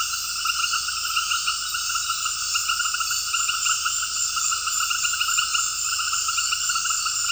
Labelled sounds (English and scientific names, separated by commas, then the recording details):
none
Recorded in secondary vegetation near Puerto Asís, Putumayo, Colombia, on 18 February 2024 at 19:30
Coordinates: 0.481, -76.323
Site G6376